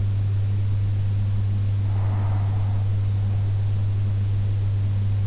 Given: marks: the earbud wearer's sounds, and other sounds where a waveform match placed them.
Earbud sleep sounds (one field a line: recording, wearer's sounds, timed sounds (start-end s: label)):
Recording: sounds in sleep by an in-ear microphone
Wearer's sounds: breath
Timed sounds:
1.45-3.45 s: breath